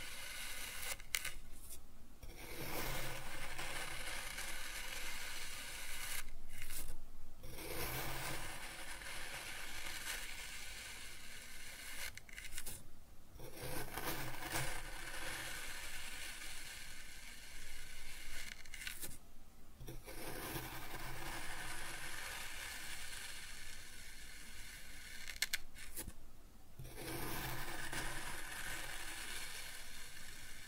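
Kinetic sand being cut and scooped makes a steady, dense, gritty hiss that runs almost without pause. Short breaks interrupt it about every six seconds, near 2, 7, 13, 19 and 26 seconds, as each stroke ends and a new one begins.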